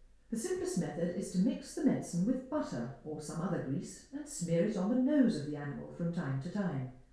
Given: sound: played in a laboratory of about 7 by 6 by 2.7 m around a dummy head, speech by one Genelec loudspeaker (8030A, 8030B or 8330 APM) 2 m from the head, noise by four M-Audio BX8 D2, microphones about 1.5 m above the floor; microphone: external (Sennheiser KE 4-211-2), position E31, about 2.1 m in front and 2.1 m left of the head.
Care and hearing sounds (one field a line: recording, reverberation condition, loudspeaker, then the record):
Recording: female speech in English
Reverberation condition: medium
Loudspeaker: 30 degrees to the left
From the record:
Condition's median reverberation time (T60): about 510 ms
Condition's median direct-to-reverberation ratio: about -0.5 dB